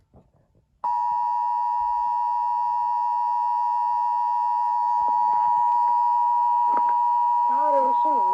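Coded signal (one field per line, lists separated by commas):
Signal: Emergency Alert System (SAME) tones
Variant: 853 and 960 Hz attention tone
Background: speech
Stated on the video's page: Archived Child Abduction Emergency alert for three abducted children.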